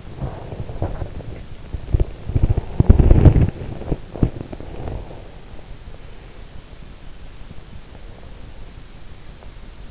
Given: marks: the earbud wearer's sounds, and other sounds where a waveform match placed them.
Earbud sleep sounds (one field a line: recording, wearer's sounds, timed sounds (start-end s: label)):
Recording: sounds in sleep by an in-ear microphone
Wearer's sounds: body movement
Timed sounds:
0.00-5.41 s: body movement